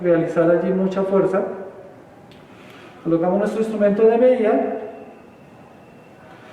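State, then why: Not seated. A micrometer is placed on a metal test cylinder and its spindle lined up before the thimble is turned closed. A man talks in two stretches, from about 0.0 to 1.7 s and 3.1 to 5.0 s, with quiet in between and after. Nothing has seated or clicked yet; this is only positioning.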